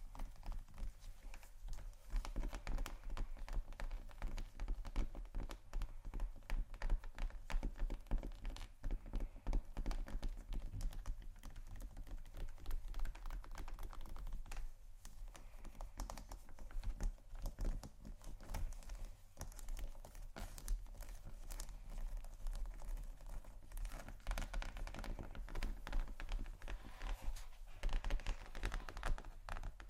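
Fingernails tap and scratch across leather bags in a dense, continuous stream of quick clicks and brushing strokes. The tapping stays busy and fairly even throughout, with brief lulls near 2, 15 and 27 seconds, over a steady low hum.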